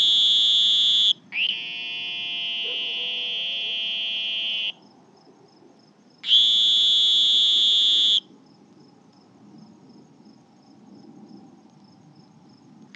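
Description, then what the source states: Sonoran green toad calls: long, even, buzzy trills at high pitch, a few seconds each, separated by quiet gaps over faint low background noise. Two toads calling together as a duo.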